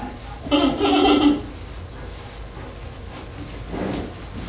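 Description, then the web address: Panda bleating call: a harmonic, nasal bleat lasting under a second, then a shorter, softer bleat a few seconds later, over low background rumble. Single panda kept in a cage. "suono atmosferico di un panda in gabbia"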